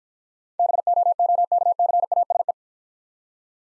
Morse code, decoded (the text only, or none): BOOKCASE